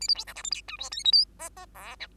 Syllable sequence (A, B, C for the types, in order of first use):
A B C D E F G H I J K L M M N O